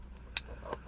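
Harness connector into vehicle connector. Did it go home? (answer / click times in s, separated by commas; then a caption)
yes / 0.4 s. A wiring harness connector is plugged into the vehicle's mating plastic connector and clicks in sharply at 0.4 s, with a softer click near 0.7 s. The connection is confirmed seated, then given a tug.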